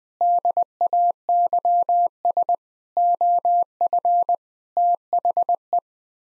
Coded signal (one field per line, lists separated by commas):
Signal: Morse code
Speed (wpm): 21 wpm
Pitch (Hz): 700 Hz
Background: none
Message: DAYS OF THE